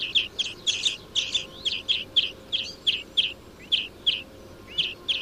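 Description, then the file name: European greenfinch calling with a steady run of short, sharp chirps about three times a second, some notes slurring upward. "Chloris chloris"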